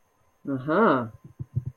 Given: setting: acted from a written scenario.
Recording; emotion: vocal sound without words; interest